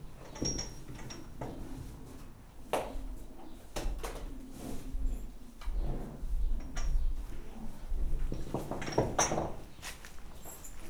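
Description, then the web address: Horse moving about with irregular knocks, shuffles and scraping, and a few faint high chirps. Tied horse in a stable in a farmyard, rustling while its mate peeks in. "allathangok parasztudvar lo istallobabekotottloneszezese aparjabekukkanthozza"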